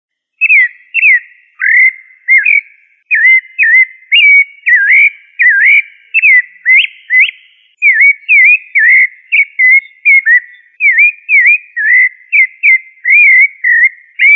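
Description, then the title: Thrush song of fluted whistles, short rising and falling phrases repeated in quick succession for about fourteen seconds, otherwise quiet. "Familia Turdidae - Sabia"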